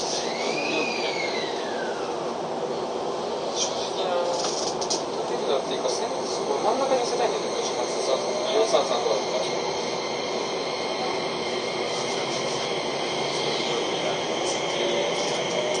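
A Keio 5000 series train runs between Motoyawata and Hashimoto with a steady, dense rumble throughout. In the first two seconds a motor whine sweeps up and falls away, then scattered clicks and faint voices sit over the even roar.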